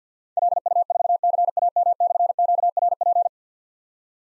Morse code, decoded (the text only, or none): LU4CAM/QRP